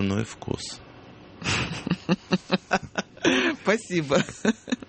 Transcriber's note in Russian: смеется